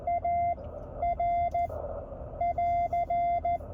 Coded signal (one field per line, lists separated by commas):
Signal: Morse code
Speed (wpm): 14 wpm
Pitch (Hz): 690 Hz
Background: none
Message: AR <AR>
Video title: A check of the K1 QRP go-kit from the car